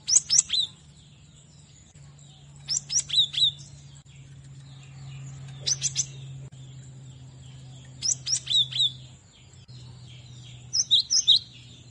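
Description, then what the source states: Cinereous tit song: short bursts of high, sharp chirping notes in quick clusters, repeated every two to three seconds over a steady low hum. Song used to tutor captive songbirds.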